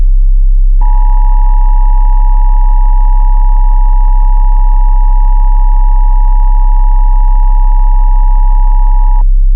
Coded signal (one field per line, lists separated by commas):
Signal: Emergency Alert System (SAME) tones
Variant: 853 and 960 Hz attention tone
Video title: EAS Mock - No Signal